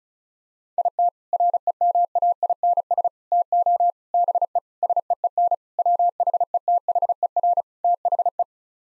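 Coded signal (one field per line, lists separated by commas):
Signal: Morse code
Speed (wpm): 36 wpm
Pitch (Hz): 700 Hz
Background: none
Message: IT REMAINS TO BE SEEN WHETHER THE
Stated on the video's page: Morse head-copy practice of seven-word sets at 35 wpm, sent, spoken, then sent again.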